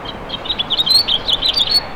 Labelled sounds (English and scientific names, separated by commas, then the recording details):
House Finch (Haemorhous mexicanus) song
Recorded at Westbury on Long Island, New York, on 27 May 2013
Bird A